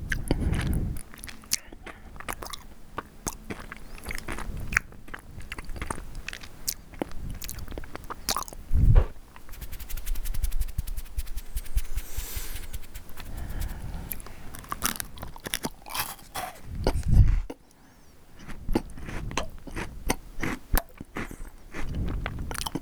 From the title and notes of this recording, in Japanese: 食べ物を食べる音。ファンのプレゼントお菓子。